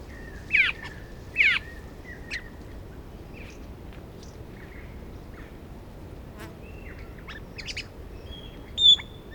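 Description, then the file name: Australasian figbird calls: two sharp, rasping bursts close together, then scattered quieter chips and a brief high whistle near the end, against steady hiss. "Sphecotheres Vieilloti"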